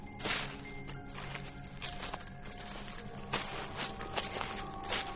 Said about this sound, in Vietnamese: Có tiếng bước chân sột soạt, dẫm lên lá cây đang tiến đến gần.